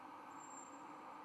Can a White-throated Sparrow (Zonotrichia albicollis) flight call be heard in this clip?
no